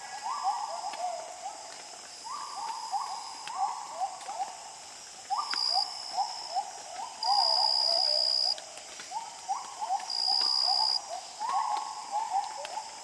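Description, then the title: Gibbon whoops rise and repeat in overlapping runs while shrill insects hum steadily and surge louder several times. Gibbons at dawn in the jungles of Borneo, in a calm dawn chorus with insects and soft fog drip. "Borneo Rainforest - Dawn - Gibbons"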